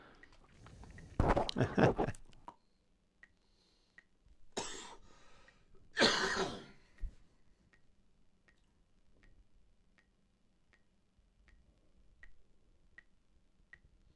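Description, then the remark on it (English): A few harsh, breathy coughs burst out in the first seven seconds, followed by a steady, quiet ticking that repeats at an even pace until the end. “You heard the cough earlier.”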